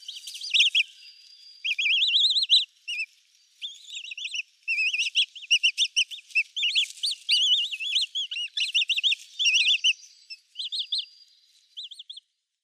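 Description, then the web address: Eurasian coot chicks calling: a dense stream of high, rapid chirping peeps, broken by a few brief pauses. Downy young. "Schulze Peter Eurasian Coot downy Young"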